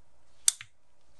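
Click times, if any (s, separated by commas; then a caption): 0.5 s. With its collar pulled back, the high-pressure quick-disconnect coupling of a First Strike scuba yoke fill station is pushed onto an air tank's fill nipple and snaps together with a sharp, bright click at 0.5 s (0.48 s), followed by a fainter click at 0.6 s. The coupling is seated and will not come off, which matters for safety under high pressure so it does not fly off when the tank is opened.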